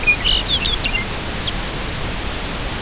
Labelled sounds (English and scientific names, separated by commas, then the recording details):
Lapland Longspur (Calcarius lapponicus)
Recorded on Arctic tundra, site UTQI-0, on 13 June 2019
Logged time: 00:00